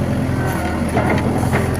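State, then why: Not seated. A loader's coupling lever is pushed fully up so the steel locking pin of the attachment coupling should drop automatically into its lock hole, against a steady low engine rumble. No distinct click is heard, and nothing has seated or clicked yet: the lock has not engaged and the attachment must be repositioned.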